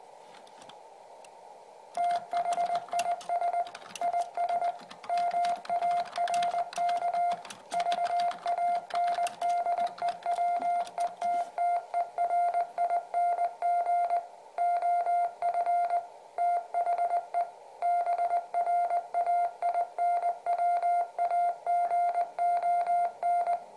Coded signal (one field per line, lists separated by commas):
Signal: Morse code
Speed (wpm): 19 wpm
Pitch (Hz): 700 Hz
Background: radio noise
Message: THIS IS MARK VANDEWETTERING OF THE BRAINWAGON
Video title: An Arduino powered IBM PS/2 Morse Keyboard